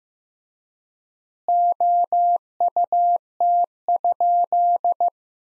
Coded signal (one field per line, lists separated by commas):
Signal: Morse code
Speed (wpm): 16 wpm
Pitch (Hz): 700 Hz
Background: none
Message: OUT?